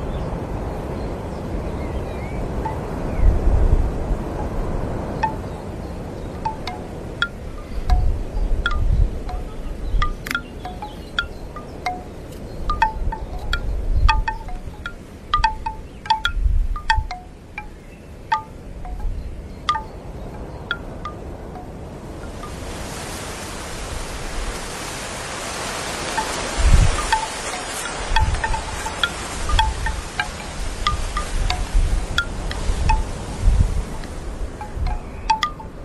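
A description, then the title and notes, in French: Bamboo wind chimes knock in a light wind, sounding as scattered hollow clicks that cluster irregularly, busiest in the first twenty seconds. Low gusts rumble and buffet the microphone throughout, and after about 22 seconds a steady airy hiss rises and covers the chimes. Carillon en bambou avec un vent léger.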